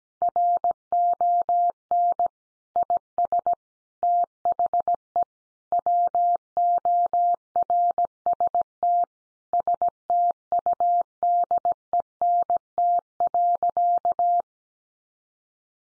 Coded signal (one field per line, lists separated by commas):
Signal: Morse code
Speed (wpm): 17 wpm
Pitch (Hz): 700 Hz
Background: none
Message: RON IS THE WORST STUDENT.